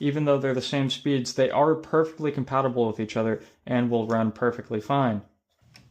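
A RAM stick is being handled over a motherboard DIMM memory slot, with plastic retention latches, as it is paired with a different brand's module running at the same speed. Someone talks for most of the clip, and after a pause a faint, brief sound comes near 5.8 seconds. The stick has not yet seated or clicked into the slot.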